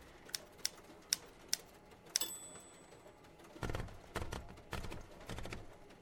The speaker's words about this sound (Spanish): Todo su ser estaba dominado por el terror, por el pánico ante aquel ser que, sentado a la máquina de escribir, golpeaba las hojas de papel que tenía a su alcance.